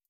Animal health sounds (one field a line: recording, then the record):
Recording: hydrophone in a shrimp aquaculture tank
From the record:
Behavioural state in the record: feeding